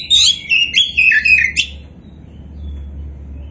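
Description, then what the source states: Oriental magpie-robin singing one quick phrase of clear whistles that drop and rise, then stops, leaving a low background hum. A 'kacer poci' type magpie-robin described as 'gacor', the bird-keepers' term for a bird in full, continuous song.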